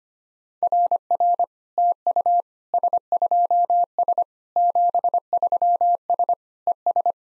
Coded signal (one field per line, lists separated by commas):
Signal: Morse code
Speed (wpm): 25 wpm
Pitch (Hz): 700 Hz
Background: none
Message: RR TU S2S 73S ES